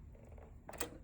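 A thread guide or threading part is pushed into its slot on the air-threading tube port of a Bernina L890 serger/coverstitch machine over a low, steady background hum. It clicks sharply at 0.7 s and again at 0.8 s, and it is seated in position as it has to be.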